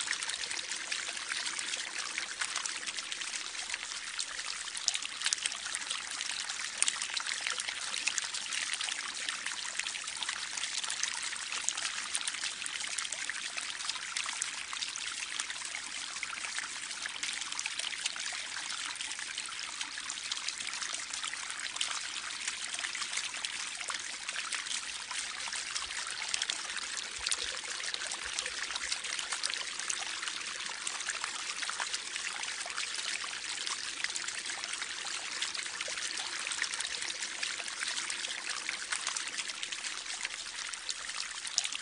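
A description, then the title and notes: A garden fountain bubbles and trickles steadily for the whole clip, a dense, bright splashing with no pauses or changes. Peaceful Garden Fountain Bubbling.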